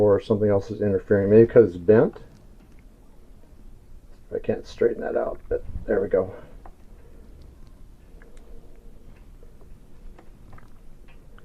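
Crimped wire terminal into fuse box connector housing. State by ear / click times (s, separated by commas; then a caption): not seated / none. Someone talks while handling a crimped wire terminal going into the fuse box connector housing of a CRF 300L, working at it because its little tabs seem bent. After the talk, faint small ticks and handling sounds come and go over a quiet background. Nothing has seated or clicked yet; the terminal is not yet home.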